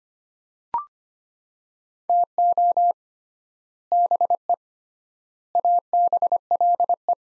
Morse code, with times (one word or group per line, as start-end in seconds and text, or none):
2.1-2.9 TO
3.9-4.5 BE
5.6-7.1 ABLE